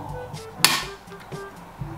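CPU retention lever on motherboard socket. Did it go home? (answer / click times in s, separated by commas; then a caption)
partly / 0.6 s. A CPU socket retention bracket and lever on a motherboard is being re-closed, giving one loud metal clack at 0.6 s over a quiet background with faint tonal sounds. The noise itself is normal, but the lever was engaged badly and is not properly latched. A small tap follows at the very end.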